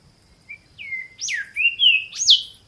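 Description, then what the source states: Golden Whistler whistling: a series of sweet slurred notes, some falling and some rising, the last ones loud and sharp. Recorded on Norfolk Island; call rendered as chee, chee, chee, chewit.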